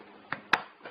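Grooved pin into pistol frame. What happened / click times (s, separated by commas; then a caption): The pin clicked into its seat / 0.3 s, 0.5 s. A second grooved pin is pushed by hand into an SR9 pistol frame, groove toward one end, and it clicks into its correct position. Two sharp clicks sound at 0.3 s and 0.5 s, the second louder, followed by a faint softer tap near 0.9 s. The pin is seated.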